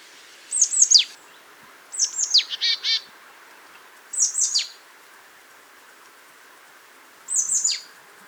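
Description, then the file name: Marsh tit giving crisp descending 'pitchoo'-like notes in short groups, one group trailing into a brief buzzy series, with quiet pauses between bursts. "Poecile palustris"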